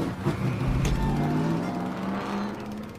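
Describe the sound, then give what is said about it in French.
A small tractor engine drones steadily and loudly, its pitch climbing slightly as it pulls away, with a low rumbling throb underneath and no voices. “Viens ici, petit tracteur.”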